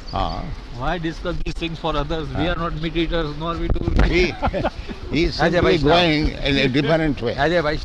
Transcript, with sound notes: Why discuss these things for others? We are not meat-eaters, nor we do... [laughs]
He's going in a different way.